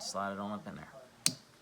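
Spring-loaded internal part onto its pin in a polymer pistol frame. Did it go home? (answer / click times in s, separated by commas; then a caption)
yes / 1.3 s. Someone talks while a spring-loaded internal part is pushed down and slid onto its pin in a polymer pistol frame during reassembly. A single sharp click sounds at 1.3 s as the part snaps into place and seats on the pin.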